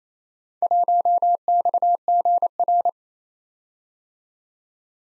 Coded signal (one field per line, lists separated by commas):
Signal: Morse code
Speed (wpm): 31 wpm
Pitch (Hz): 700 Hz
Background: none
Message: 1XGR